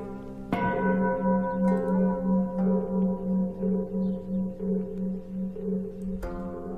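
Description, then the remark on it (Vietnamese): A deep temple bell is struck, its low humming resonance pulsing steadily for several seconds, with faint knocks of a wooden fish and a droning chant beneath before a second strike near the end. “Bất giác cô nghe có tiếng ai gọi, lẫn trong cái tiếng chuông mõ vẫn cứ vang lên như thế.”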